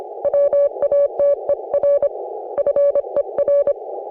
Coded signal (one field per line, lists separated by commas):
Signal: Morse code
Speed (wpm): 26 wpm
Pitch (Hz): 560 Hz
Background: none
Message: WATER FER